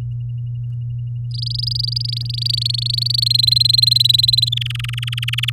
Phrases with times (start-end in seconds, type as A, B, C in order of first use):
1.31-3.24 A, 3.26-4.49 B, 4.52-5.50 C